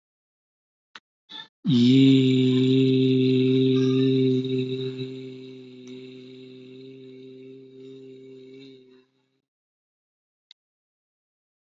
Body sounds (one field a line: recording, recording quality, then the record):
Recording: sustained vowel as in beet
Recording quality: excellent, no background noise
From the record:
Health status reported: healthy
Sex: male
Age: 38 years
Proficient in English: yes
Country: India